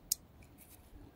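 The orange locking tab on a wiring harness plug is pushed home into the control box connector of a Toyota Land Cruiser 300 electric tailgate and dual LED light kit. A sharp, loud plastic snap sounds at 0.1 s, followed by a faint tick at 0.4 s against a quiet background. The connector lock clicks in and is seated.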